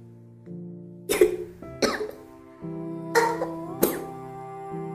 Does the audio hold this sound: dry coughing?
yes